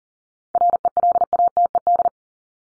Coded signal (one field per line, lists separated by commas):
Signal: Morse code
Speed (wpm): 40 wpm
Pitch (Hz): 700 Hz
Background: none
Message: RELATED